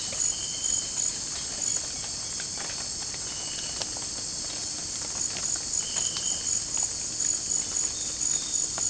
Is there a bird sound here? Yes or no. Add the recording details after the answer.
no. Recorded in pastures near Puerto Asís, Putumayo, Colombia, on 22 December 2024 at 18:30. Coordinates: 0.466, -76.322. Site G040